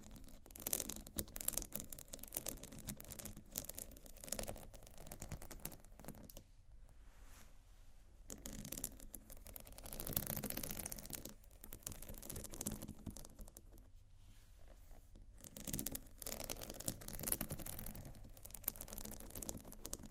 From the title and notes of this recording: ASMR Scratch & Tap on Textured Bags Studded vs Crocodile(No Talking).